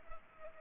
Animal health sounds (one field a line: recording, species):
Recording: mosquito wingbeat signal from an infrared sensor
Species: Culex pipiens